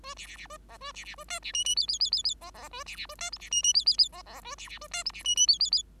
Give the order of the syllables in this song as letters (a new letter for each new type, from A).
A B B B A C A B B A D B E E F F F F F C C A B B A D G B E E F F F C C A B B A D G B E E F F F